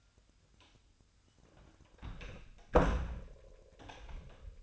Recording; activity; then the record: daily activity, microphone in the room; close door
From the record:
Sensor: 2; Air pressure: 1007.0 hPa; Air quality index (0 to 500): 192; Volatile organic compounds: 12 ppm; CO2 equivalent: 2362 ppm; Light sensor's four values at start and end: 10/24/10/10 and 10/23/10/10